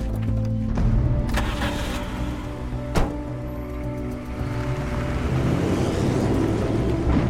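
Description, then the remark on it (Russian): On a sunny day, a man gets into a car: its door thumps shut about midway over a steady, low engine rumble that keeps droning as the car pulls away onto the grounds of an abandoned factory, with a few faint clicks early on. “Садится в машину.”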